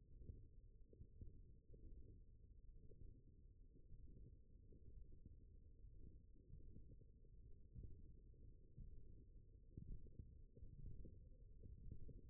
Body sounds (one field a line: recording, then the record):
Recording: forearm muscle sounds (acoustic myography)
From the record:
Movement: finger pinch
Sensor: system 1, eight BSWA MPA416 microphones around the upper forearm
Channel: 7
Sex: male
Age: 20 years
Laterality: left